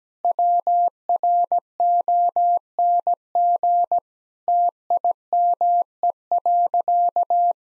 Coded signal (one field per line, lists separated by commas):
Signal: Morse code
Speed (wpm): 17 wpm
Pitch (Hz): 700 Hz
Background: none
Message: WRONG TIME.